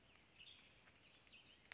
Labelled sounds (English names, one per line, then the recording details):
Western Tanager
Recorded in Sonoma County, California